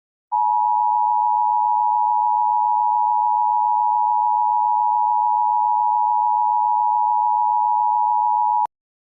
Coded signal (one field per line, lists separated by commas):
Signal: Emergency Alert System (SAME) tones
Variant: 853 and 960 Hz attention tone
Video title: EAS Mock #19: Michigan Tornado Warning (5/29/11)